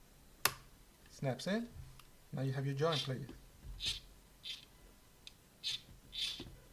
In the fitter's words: it up and you see snaps